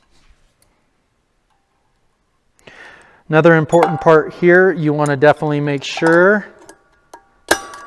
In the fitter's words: that that thing locks in you could hear it snap in there make sure that snap ring locks in there or it would be a bad day as you start unwinding